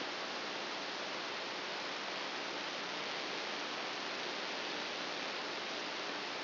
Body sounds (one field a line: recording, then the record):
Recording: brain microelectrode recording played as sound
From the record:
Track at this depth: outside the subthalamic nucleus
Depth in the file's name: 5.002 mm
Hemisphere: right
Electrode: 2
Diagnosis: Parkinson's disease